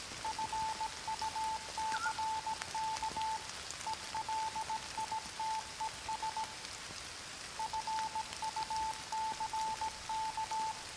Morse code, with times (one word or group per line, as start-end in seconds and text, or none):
0.2-3.4 FUCK
3.9-6.4 ELITES
7.6-10.7 FUCK